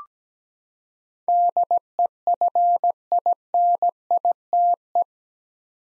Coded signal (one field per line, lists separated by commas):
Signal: Morse code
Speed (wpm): 17 wpm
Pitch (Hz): 700 Hz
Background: none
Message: DEFINITE